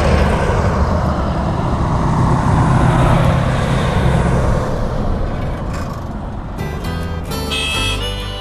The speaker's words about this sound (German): Die Straße also. Sie liegt einsam und verlassen da in den Bergen New Mexicos. Vögel zwitschern, Grillen zirpen. Geier segeln durch die Lüfte. Und ab und an fährt ein Auto vorbei. Oder auch mal zwei.